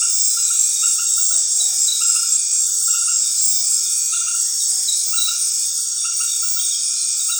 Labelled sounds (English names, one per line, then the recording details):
none
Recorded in dense forest near Puerto Asís, Putumayo, Colombia, on 19 February 2024 at 19:30
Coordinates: 0.502, -76.326
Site G6460